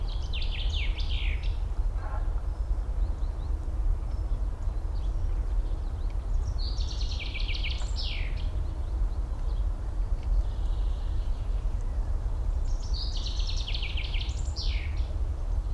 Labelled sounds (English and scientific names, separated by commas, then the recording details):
Common Chaffinch (Fringilla coelebs)
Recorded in the wild
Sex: male
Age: adult
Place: Mühlenbeck, am Tegeler Fließ, Brandenburg, DE
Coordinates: 52.667, 13.37
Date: 1993-03-21 11:08
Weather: sonnig, ca. 12 °C
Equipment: Marantz CP 430, Sennheiser ME 80, Kopie Uher Variocord 263
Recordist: Tembrock, Günter